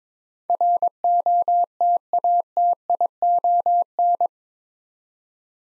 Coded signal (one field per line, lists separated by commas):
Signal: Morse code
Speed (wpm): 22 wpm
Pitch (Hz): 700 Hz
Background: none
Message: ROTATION